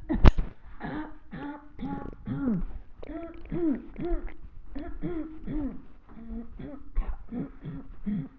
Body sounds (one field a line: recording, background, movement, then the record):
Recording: throat clearing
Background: quiet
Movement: walking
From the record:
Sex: female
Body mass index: 21.8 kg/m2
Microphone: on the chest, facing the body